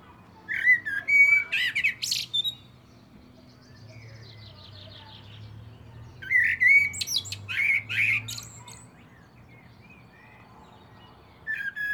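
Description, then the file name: Common blackbird song: two fluted, warbling phrases with squeaky high endings, separated by a pause, and the start of a third at the end. "Turdus merula"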